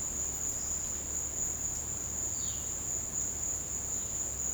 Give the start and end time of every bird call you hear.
2.38s-2.66s: Cyanocorax violaceus

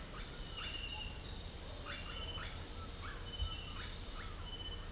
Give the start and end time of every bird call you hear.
0.08s-0.27s: Psarocolius angustifrons
0.57s-0.71s: Psarocolius angustifrons
1.83s-4.29s: Psarocolius angustifrons

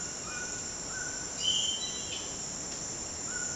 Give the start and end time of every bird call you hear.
0.00s-3.56s: Ramphastos tucanus
1.20s-2.29s: Pionus menstruus

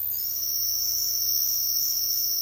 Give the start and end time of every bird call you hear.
0.11s-2.42s: Sclateria naevia

